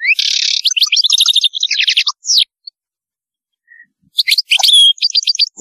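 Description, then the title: European goldfinch song, rapid bright twittering with buzzy rattles and liquid trills, a pause, then another quick tinkling burst. "Chant Chardonneret"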